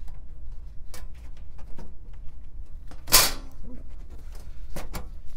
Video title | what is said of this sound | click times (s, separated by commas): HP ProLiant DL580 G7 Server Review & Overview - Memory Install Tips - How to Configure HPE System | and you see this click right here and we're back to locked okay so you can even see oh yes | 0.9 s